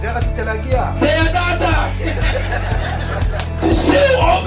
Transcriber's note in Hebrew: הקהל צוחק